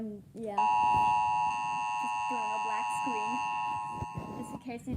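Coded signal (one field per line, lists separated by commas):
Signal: Emergency Alert System (SAME) tones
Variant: 853 and 960 Hz attention tone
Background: speech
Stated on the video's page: Not a real EAS alert.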